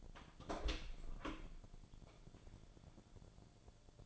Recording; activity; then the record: daily activity, microphone in the room; open door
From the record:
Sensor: 5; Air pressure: 1000.4 hPa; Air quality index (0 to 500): 153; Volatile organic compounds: 2 ppm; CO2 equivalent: 1180 ppm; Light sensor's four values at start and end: 47/110/46/49 and 47/110/46/49